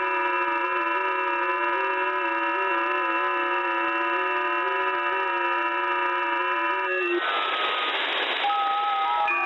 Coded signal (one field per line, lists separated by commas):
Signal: FT8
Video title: RK5A002SWL - Receiving FT8 signals 28MHz - JTDX+WebSDR [SWL]